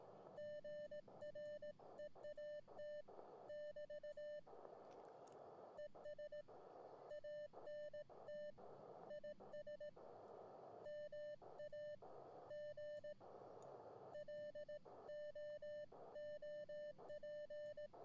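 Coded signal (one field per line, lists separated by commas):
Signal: Morse code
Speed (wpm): 18 wpm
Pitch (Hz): 600 Hz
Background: none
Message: GREAT <BT> ES ANT IS MAG LOOP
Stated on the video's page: Live stream with Morse code contacts on an Elecraft K1.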